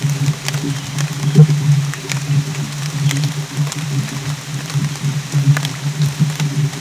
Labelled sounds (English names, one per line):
none